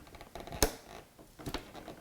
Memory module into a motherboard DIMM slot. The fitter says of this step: side doesn't want it click I hope I'm getting it in there okay